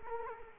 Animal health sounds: mosquito wingbeat signal from an infrared sensor; Culex quinquefasciatus

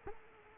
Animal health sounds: mosquito wingbeat signal from an infrared sensor; Culex quinquefasciatus

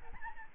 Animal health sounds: mosquito wingbeat signal from an infrared sensor; Aedes albopictus

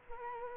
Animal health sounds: mosquito wingbeat signal from an infrared sensor; Culex quinquefasciatus

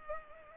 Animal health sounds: mosquito wingbeat signal from an infrared sensor; Culex pipiens

